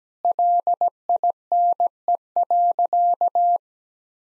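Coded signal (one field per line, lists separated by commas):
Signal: Morse code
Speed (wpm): 17 wpm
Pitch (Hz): 700 Hz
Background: none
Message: LINE.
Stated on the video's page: Morse practice of sentences containing common four-word phrases at 17 wpm, sent, spoken, then sent again.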